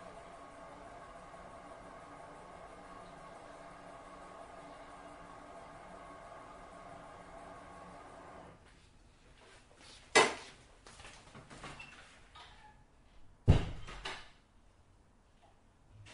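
Washing dishes: a steady, even rushing hum fills the first eight and a half seconds, then cuts off. After that come light knocks and two sharp, loud clatters of dishes, around the tenth and the thirteenth second, each ringing briefly.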